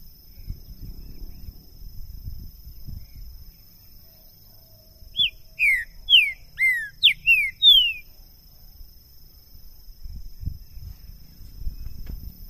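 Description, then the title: Green-winged saltator song: a burst of loud, clear, down-slurred whistled notes delivered rapidly over about three seconds, with a steady thin high hum and low rumbling noise around it. Two captive birds taken into the woods, 2022; calling, singing and acting territorially as males in a contest; recording used to warm up and open a bird's song for singing competition. "Esse É PERFEITO Para ESQUENTAR Seu TRINCA Piando, Cantando E Macheando Na DISPUTA. LEVEI 2 TRINCA FERRO NO MATO!! PERFEITO PARA ABRIR O CANTO DO TRINCA FERRO!! 2022!"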